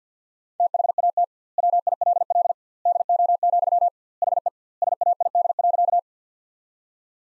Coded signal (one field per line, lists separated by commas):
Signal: Morse code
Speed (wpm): 50 wpm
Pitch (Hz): 700 Hz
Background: none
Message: THAT WILL DO, HE SAID.